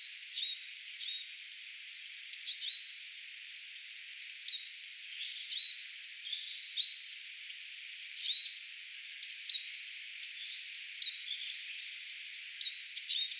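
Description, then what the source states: Eurasian siskin calls: scattered short chips at first, then clear, falling whistled notes coming roughly every one to two seconds. Several siskins flying around, recorded 18 April 2025.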